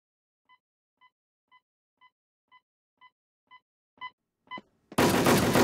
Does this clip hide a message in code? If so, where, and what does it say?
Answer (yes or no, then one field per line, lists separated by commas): no